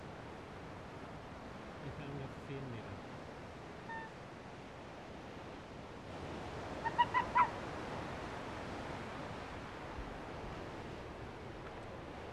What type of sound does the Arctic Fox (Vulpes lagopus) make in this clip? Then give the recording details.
call. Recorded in the wild. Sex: male. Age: adult. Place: Insel Mednyi, Kommandeur-Inseln, RU. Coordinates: 54.5167, 168.083. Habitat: tundra. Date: 1999-07-26. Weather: fair, 11°C, no wind. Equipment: Sony TCD-D8, Sennheiser MKH 70, Windkorb. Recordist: Frommolt, Karl-Heinz. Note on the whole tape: Nördlich von Kap Dlinnyi: an Höhle. Wa-Rufe von Polarfuchsrüde (Uli) rechts Rot/Rot 40. Tier folgt Beobachter in nördliche Richtung. An Reviergrenze Bellstrophen. Entfernung 8 bis 40 m